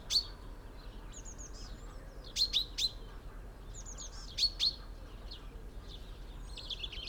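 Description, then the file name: Common chaffinch calls: short, sharp high notes, one alone, then a triplet and later a pair, a couple of seconds apart. "Fringilla coelebs"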